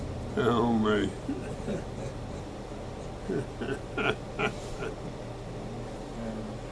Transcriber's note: laughing